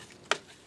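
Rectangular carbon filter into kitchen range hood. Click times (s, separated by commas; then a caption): 0.3 s. A rectangular activated-carbon filter is fitted into a kitchen range hood by setting its two tabs into their slots and pressing lightly toward the other side. A single sharp click at 0.3 s stands out against faint background noise as the filter snaps into place, seated.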